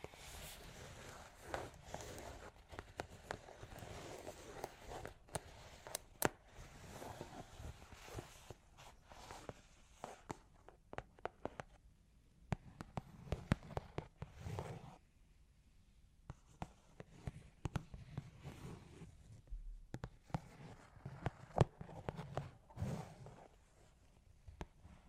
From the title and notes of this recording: Long Claws Tapping and Scratching (No Talking).